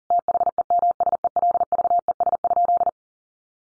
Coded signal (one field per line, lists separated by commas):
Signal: Morse code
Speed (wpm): 40 wpm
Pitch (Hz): 700 Hz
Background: none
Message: THEMSELVES?